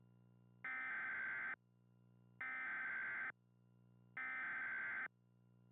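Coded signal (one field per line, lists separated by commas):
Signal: Emergency Alert System (SAME) tones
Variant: header bursts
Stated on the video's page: Mock EAS alert, not a real broadcast.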